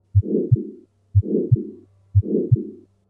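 Steady heartbeat at about 60 a minute in an adult. In each beat a low-pitched rumbling murmur fills the gap between the first and second sounds and trails briefly past the second. This is the murmur of coarctation of the aorta, turbulent flow through a narrowed aorta.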